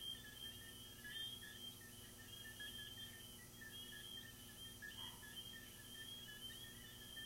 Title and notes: These are relaxing asmr crickets from my garden